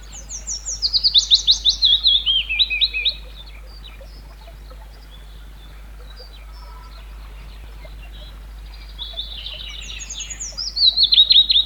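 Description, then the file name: Willow warbler song: a soft, sweet cascade of whistled notes sliding down the scale, one phrase near the start and another at the end. "Golosa ptic i zverei - Penochka-vesenichka"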